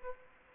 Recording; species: mosquito wingbeat signal from an infrared sensor; Aedes aegypti